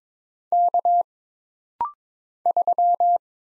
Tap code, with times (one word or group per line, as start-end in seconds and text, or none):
none